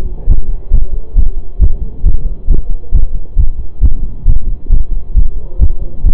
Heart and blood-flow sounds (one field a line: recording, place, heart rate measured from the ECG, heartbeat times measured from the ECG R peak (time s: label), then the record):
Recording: heart sounds by stethoscope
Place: between the tricuspid and mitral areas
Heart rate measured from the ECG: 135 bpm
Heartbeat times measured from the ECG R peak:
0.28 s: heartbeat
0.72 s: heartbeat
1.16 s: heartbeat
1.60 s: heartbeat
2.04 s: heartbeat
2.48 s: heartbeat
2.93 s: heartbeat
3.37 s: heartbeat
3.82 s: heartbeat
4.26 s: heartbeat
4.70 s: heartbeat
5.15 s: heartbeat
5.60 s: heartbeat
6.04 s: heartbeat
From the record:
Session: pedaling a stationary bicycle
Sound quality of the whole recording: saturated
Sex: male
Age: 25 years